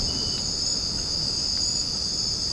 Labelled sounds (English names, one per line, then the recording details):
none
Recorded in secondary vegetation near Puerto Asís, Putumayo, Colombia, on 12 March 2025 at 02:30
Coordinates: 0.481, -76.318
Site G097